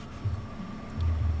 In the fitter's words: properly and that locks into place and you can put your drinks in there